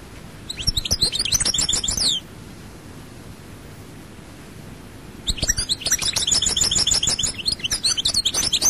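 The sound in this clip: European goldfinch song: two bursts of rapid, high tinkling twitters and trills, separated by a few seconds of quiet background hiss.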